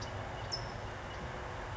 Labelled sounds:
California Towhee
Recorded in Sonoma County, California

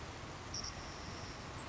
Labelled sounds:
Savannah Sparrow
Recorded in Sonoma County, California

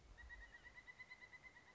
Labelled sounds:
Pileated Woodpecker
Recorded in Sonoma County, California

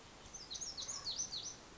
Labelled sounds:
Lazuli Bunting
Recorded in Sonoma County, California

